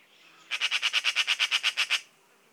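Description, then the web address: Eurasian magpie chattering: one dry, harsh rattle of many rapid notes lasting about a second and a half, with a quiet background. "szarka hangja. szarka madar"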